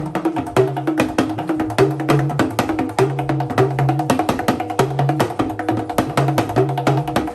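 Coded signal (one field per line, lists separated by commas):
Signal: talking drum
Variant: Yoruba dundun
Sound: pitch-bending low drum strokes over a fast, steady percussion rhythm with sharp clicks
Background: percussion ensemble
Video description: Watch Ayanlekan eulogise with talking drum and accompanied in high rhythmic harmony.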